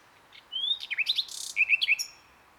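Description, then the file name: Common nightingale song phrase: a rising whistle, then quick looping chirps, a harsh buzzy burst and a run of repeated rising notes. "Luscinia megarhynchos"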